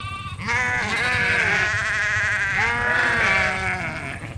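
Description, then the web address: Dorper sheep bleating in a group, long wavering baas running on almost without a break. "Sound Effects-Foundation 1 ANIMAL SHEEP DORPER GROUP BAA"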